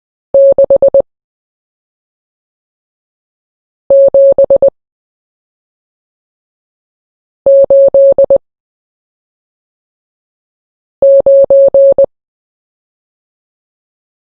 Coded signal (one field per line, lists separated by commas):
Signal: Morse code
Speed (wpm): 20 wpm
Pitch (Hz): 550 Hz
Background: none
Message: 6 7 8 9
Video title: Numbers In Morse Code 0-9